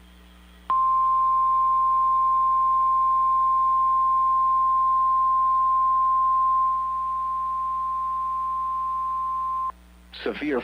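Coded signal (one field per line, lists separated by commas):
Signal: Emergency Alert System (SAME) tones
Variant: 1050 Hz attention tone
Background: speech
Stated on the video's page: Real EAS activation for a severe thunderstorm watch.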